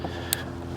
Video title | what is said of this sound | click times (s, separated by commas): How To Install Jeep Performance Wiper Blades With A Review | you can hear it click | 0.3 s